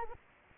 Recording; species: mosquito wingbeat signal from an infrared sensor; Anopheles arabiensis